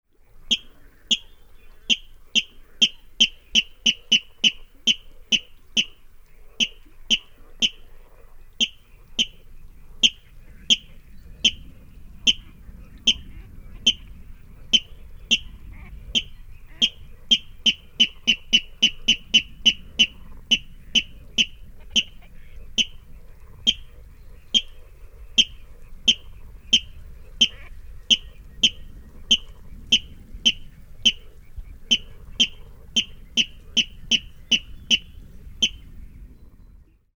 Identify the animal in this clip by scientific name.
Rallus aquaticus